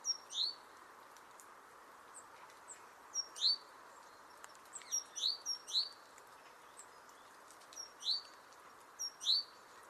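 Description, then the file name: Great tit giving high, down-slurred notes, singly and in quick pairs, at irregular intervals against a constant low hiss. "Parus major"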